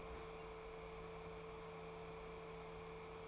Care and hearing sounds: daily activity, microphone in the room; open fridge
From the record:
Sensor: 1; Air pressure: 1014.9 hPa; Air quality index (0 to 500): 192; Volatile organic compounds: 21 ppm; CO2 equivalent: 2722 ppm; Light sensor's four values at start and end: 11/27/11/12 and 11/27/11/12

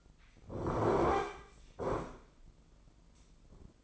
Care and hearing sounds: daily activity, microphone in the room; sit down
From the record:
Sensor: 5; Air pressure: 996.1 hPa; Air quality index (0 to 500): 245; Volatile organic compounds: 476 ppm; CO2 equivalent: 4787 ppm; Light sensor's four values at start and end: 170/405/172/188 and 169/405/172/188

